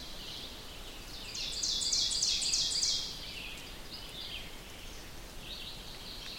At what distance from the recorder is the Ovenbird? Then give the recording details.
about 30 m. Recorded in boreal forest in Alberta, Canada, on 4 June 2016 at 05:36. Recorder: SongMeter 3, array SBT-3-51. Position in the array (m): 236 m, 10 m. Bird 27